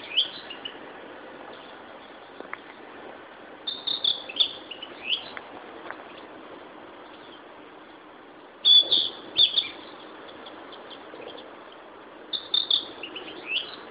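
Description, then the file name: Narcissus flycatcher song: short bursts of clear whistled notes and warbles, repeated about every four seconds over a steady hiss. Recorded 26 May 2011. "Ficedula narcissina"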